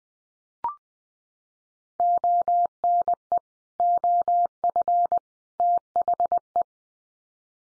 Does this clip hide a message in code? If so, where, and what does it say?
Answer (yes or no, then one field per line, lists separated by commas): yes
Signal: Morse code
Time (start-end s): 2.0-6.6 s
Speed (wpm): 20 wpm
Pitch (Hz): 700 Hz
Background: none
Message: ONE OF THE